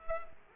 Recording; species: mosquito wingbeat signal from an infrared sensor; Culex quinquefasciatus